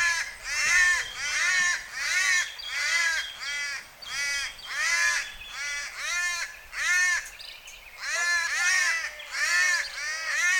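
Cuban palm crow calling in a steady series of hoarse caws, roughly one every second.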